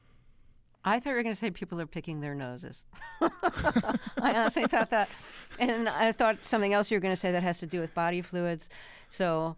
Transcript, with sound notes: I thought you were going to say people are picking their noses.
(LAUGHTER)
I honestly thought that. And I thought something else you were going to say that has to do with body fluids.